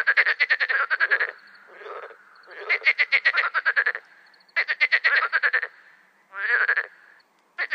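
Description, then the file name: Marsh frog calling in several bursts of rapid, rattling pulses, separated by short pauses and softer croaks. "grenouille rieuse"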